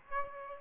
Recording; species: mosquito wingbeat signal from an infrared sensor; Aedes aegypti